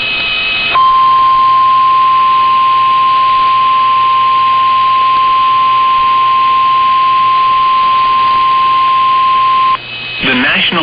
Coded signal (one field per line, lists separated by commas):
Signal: Emergency Alert System (SAME) tones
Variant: 1050 Hz attention tone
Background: speech